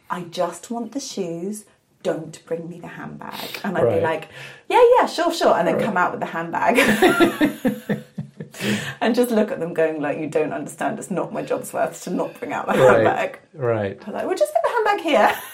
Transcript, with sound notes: “I just want the shoes, don’t bring me the handbag” and I’d be like, “Yeah, yeah, sure, sure” and I’d come out with a handbag (laughs) and just look at them going like ‘you don’t understand it’s not my jobs worth to not bring out the handbag. I was like, “We’ll just put the handbag here.”